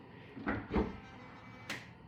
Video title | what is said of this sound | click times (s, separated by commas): Model X Power Frunk from Tlyard | And you hear it's latched up. | 0.5 s, 1.7 s